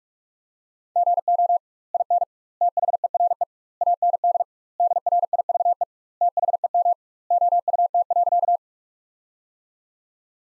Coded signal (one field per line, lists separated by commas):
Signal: Morse code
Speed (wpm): 48 wpm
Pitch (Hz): 700 Hz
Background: none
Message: GO IN THERE AND DRIVE THEM OUT.